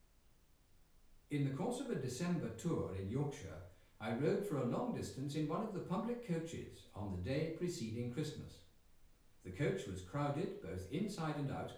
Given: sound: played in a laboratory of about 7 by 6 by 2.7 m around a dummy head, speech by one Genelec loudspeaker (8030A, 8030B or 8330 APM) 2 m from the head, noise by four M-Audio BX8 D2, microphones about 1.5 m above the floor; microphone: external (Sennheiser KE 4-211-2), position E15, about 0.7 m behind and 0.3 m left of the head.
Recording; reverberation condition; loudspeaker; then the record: male speech in English; medium; 30 degrees to the right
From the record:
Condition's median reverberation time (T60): about 510 ms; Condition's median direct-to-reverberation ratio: about -0.5 dB